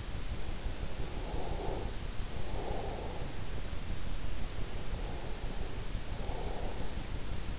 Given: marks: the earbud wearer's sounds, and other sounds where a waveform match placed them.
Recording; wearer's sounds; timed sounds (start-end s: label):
sounds in sleep by an in-ear microphone; breath
0.52-3.73 s: breath
4.62-7.59 s: breath